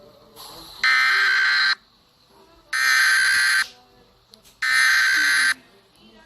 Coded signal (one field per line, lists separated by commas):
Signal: Emergency Alert System (SAME) tones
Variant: header bursts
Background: speech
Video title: The first ever eas senario on plotagon.